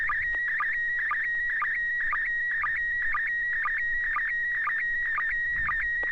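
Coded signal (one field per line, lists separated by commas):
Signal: SSTV (slow-scan television)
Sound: warbling tone around 1.9 kHz, interrupted by short low blips about twice a second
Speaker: Yeah, I have a photo. Um, it's good to hear you, uh, Chris. I think you're, uh, George's, uh, son, so it's good to hear you on the net. Um, welcome. So, this is going to be, uh,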